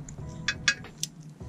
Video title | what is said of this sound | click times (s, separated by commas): REAR Brake Replacement 2007-2015 Audi Q7 | listen for the click | 0.7 s